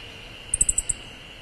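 Siberian bunting giving a single quick burst of five sharp, very high ticks, with a constant insect hum behind.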